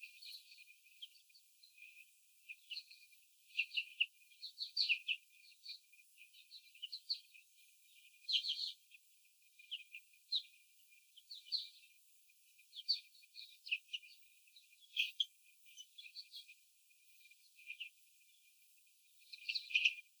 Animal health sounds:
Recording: young laying hens in a cage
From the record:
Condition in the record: before the stressor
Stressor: sudden umbrella opening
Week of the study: 3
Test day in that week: 2

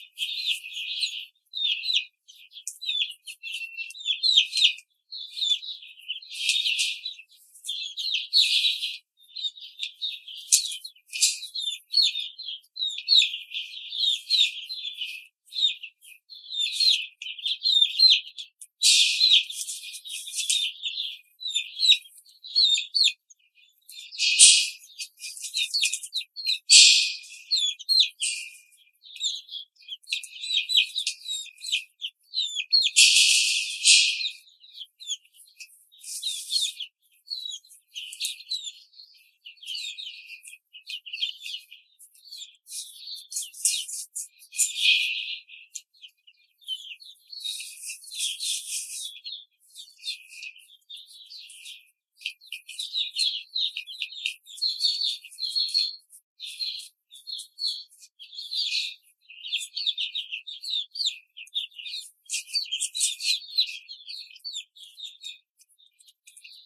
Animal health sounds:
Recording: young laying hens in a cage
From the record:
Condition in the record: control cage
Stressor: none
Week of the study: 5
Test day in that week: 1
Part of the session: 1

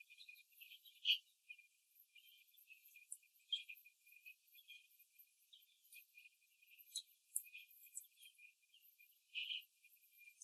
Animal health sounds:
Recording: young laying hens in a cage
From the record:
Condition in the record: before the stressor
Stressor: simulated dog barking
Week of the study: 2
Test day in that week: 3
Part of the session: 2

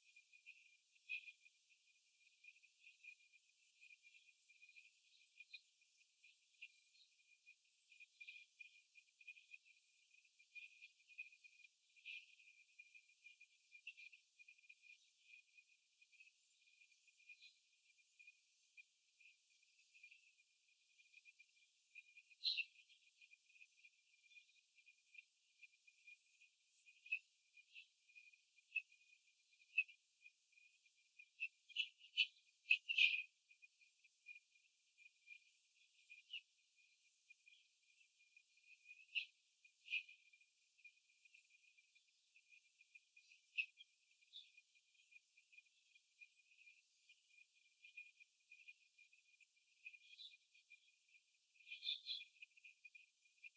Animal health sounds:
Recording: young laying hens in a cage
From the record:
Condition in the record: control cage, after the stress test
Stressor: none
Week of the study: 4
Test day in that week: 3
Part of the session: 4

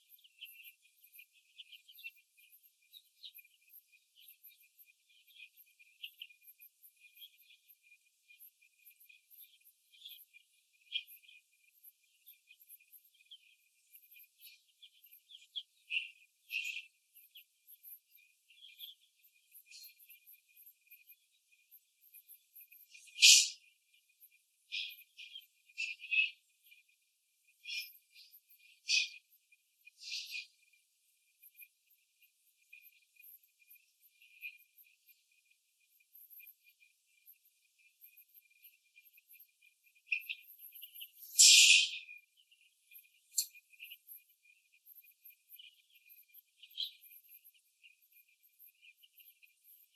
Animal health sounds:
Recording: young laying hens in a cage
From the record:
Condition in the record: after the stressor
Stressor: simulated dog barking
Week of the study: 2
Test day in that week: 2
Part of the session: 1

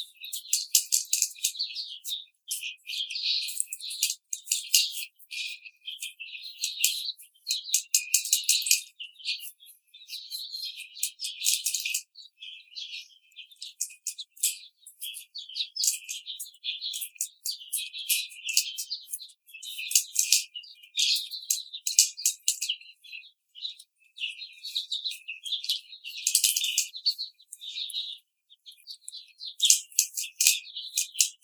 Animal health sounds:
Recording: young laying hens in a cage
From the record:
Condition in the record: treatment cage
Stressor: simulated dog barking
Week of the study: 5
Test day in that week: 1

